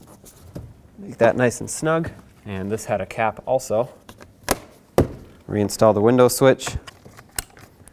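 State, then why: Seated. A plastic power window switch assembly on a 2001-07 Toyota Sequoia is pushed back into its opening in the door trim panel while someone talks. Sharp knocks and taps are heard around 4.5 and 5.0 seconds. The switch clicks into place at 7.4 seconds and is seated.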